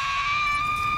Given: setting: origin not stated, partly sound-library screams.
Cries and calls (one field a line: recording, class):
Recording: one-second piece from a danger detection set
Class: woman in danger